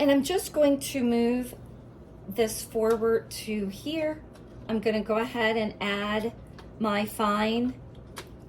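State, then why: Seated. Someone talks while a fine spiralizer blade insert is pushed into the spiralizer's plastic housing. A short, sharp click is heard at 8.2 s as the blade seats.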